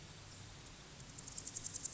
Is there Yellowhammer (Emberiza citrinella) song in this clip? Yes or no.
no